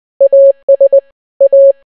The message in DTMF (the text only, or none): none